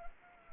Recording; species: mosquito wingbeat signal from an infrared sensor; Anopheles arabiensis